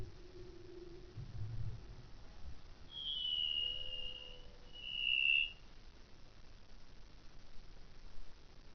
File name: leopard seal trills and whistles - brian miller - australian antarctic division - casey 2014